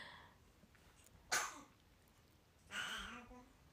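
Two brief coughs from a sick baby girl, about 1.4 seconds apart, over a quiet room. The first is a sharp, breathy burst. The second is softer and voiced, trailing into a short whimpering tone.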